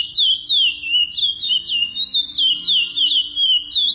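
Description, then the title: Chestnut-bellied seed finch delivering bright, high whistled phrases that bend up and down in smooth repeated waves, continuous throughout. "Canto De Curio"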